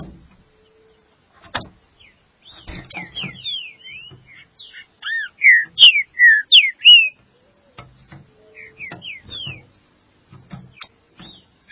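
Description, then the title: Green-winged saltator singing a rapid series of sweet whistled slurs, loudest in the middle, with scattered knocks and clicks before and after. "Trinca Ferro"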